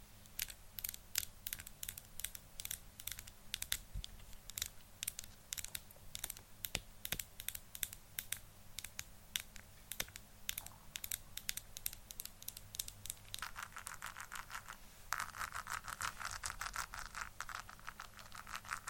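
ASMR tapping: quick, irregular taps and light clicks fall in dense clusters, several per second, each sharp and bright. A steady low hum sits underneath throughout. Around 13 seconds the tapping turns busier and scratchier, like crinkling, before settling into rapid taps again.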